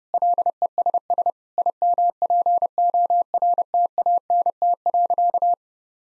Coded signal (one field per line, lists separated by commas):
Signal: Morse code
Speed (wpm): 30 wpm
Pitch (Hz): 700 Hz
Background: none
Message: LESS IMPORTANT.